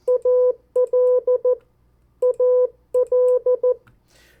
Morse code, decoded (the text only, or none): AL AL